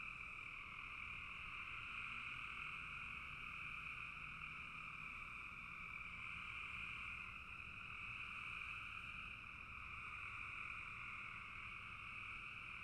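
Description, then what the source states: Frogs calling together in a thick, unbroken chorus, a steady buzzing trill in two bands that holds throughout. Several frogs calling in a bog.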